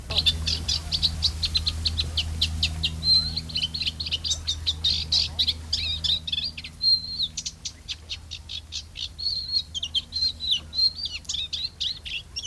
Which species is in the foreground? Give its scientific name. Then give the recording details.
Acrocephalus scirpaceus. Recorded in the wild. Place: Seddiner See, Brandenburg, DE. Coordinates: 52.27, 13.01. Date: 1995-07-23 13:35. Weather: heiter, böiger Wind, 18°C. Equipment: Sony WM-D6C, Sennheiser ME 80, Kopie Uher 4000 Report Monitor. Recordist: Tembrock, Günter. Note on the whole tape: Gesang (nahe dem Nest)